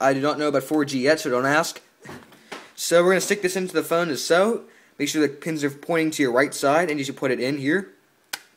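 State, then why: Seated. Someone talks while inserting the battery into the battery compartment of a Motorola Atrix 4G smartphone, with its pins pointing to the right, and pressing it down. A few faint handling taps are heard during a pause in the talk. A short sharp snap at 8.3 s marks the battery seating in place.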